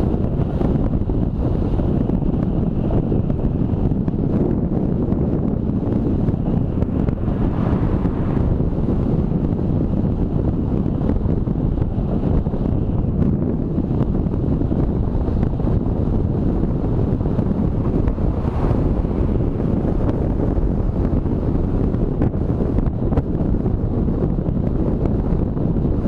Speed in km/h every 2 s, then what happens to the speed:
26, 36, 36, 35, 35, 37, 36, 37, 38, 40, 43, 45, 47.
0-26 speeds up to 47.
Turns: none.